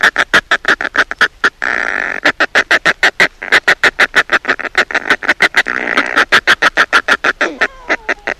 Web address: northern fulmar